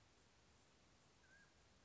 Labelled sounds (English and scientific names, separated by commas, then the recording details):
Mountain Quail (Oreortyx pictus)
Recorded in Sonoma County, California